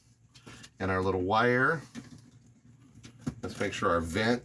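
Someone talks while handling the wire connector for a dashboard vent on a Mercedes-Benz W124 300E, checking that it is connected to the vent. Brief soft handling sounds come at about 0.4 s, 3.3 s and 3.5 s. Nothing has seated or clicked yet; the connector is still being handled.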